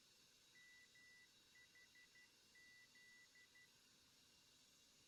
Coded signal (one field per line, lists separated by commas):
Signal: Morse code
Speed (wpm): 12 wpm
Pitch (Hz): 2000 Hz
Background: none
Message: MHZ